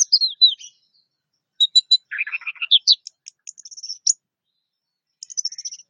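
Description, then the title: Orange-headed thrush song: descending whistled notes, a scratchy warbled passage, then a fast high trill and brief closing twitter. "Anis Merah"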